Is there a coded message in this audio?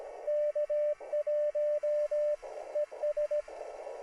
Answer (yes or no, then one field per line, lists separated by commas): yes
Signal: Morse code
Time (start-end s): 0.3-3.4 s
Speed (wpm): 17 wpm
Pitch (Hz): 600 Hz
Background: radio noise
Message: K1 ES